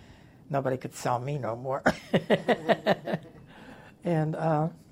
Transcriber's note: laughs